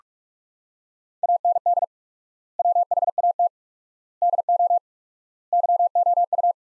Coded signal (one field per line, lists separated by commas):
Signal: Morse code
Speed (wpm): 46 wpm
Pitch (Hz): 700 Hz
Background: none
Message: AND WHAT DO YOU